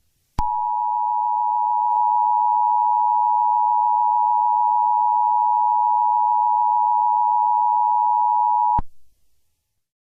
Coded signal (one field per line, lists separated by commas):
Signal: Emergency Alert System (SAME) tones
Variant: 853 and 960 Hz attention tone